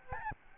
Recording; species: mosquito wingbeat signal from an infrared sensor; Aedes albopictus